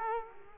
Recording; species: mosquito wingbeat signal from an infrared sensor; Culex quinquefasciatus